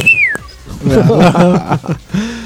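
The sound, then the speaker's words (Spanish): A short, high whistled chirp imitating a bird, sliding downward in pitch, ends with a sharp click and gives way to lively voices talking over one another. “Haz el pajarito para que Isma se quede contento.”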